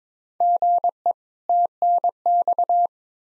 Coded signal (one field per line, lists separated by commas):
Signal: Morse code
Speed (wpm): 21 wpm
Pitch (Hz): 700 Hz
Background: none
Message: GE TNX